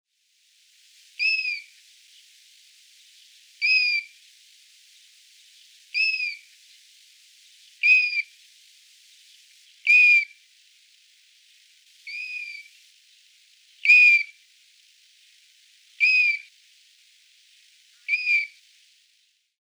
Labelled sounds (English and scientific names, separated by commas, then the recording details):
European Golden Plover (Pluvialis apricaria)
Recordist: Tembrock, Günter
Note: Rufe